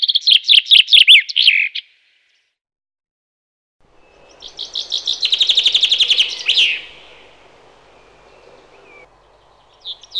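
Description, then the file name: Common chaffinch singing two phrases, each a cascading run of sweet repeated notes ending in a flourish, with a low background hum after the second, and another phrase beginning. "Buchfink"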